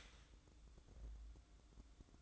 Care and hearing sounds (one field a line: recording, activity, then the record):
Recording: daily activity, microphone in the room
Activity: start toaster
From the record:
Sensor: 3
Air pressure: 1007.0 hPa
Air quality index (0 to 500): 53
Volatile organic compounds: 1 ppm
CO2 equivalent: 588 ppm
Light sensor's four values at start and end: 8/19/8/8 and 8/19/8/8